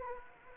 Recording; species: mosquito wingbeat signal from an infrared sensor; Anopheles gambiae